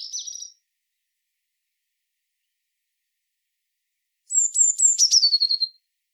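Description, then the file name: Eurasian blue tit: a clipped high note at the start, a long silence, then a descending run of sharp, thin notes ending in a fast trill. "Cyanistes caeruleus"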